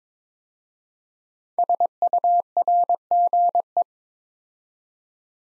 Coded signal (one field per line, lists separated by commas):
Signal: Morse code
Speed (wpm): 22 wpm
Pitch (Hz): 700 Hz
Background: none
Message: SURGE